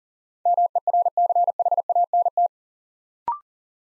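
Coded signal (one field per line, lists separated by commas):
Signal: Morse code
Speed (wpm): 40 wpm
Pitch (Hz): 700 Hz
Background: none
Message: MERCHANT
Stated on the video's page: Build-a-word Morse drill of 8-letter words, sent three letters at a time at 40 wpm, for instant character recognition.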